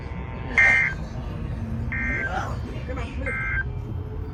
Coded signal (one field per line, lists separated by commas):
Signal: Emergency Alert System (SAME) tones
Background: speech